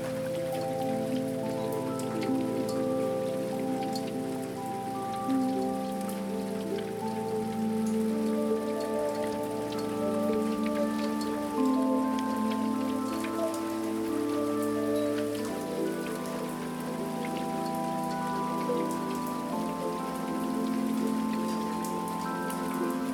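Raindrops patter steadily on the roof, a dense, even crackle of close drops that never lets up. Underneath, sustained low tones hum like soft held chords, shifting to new notes around six and again around fifteen seconds.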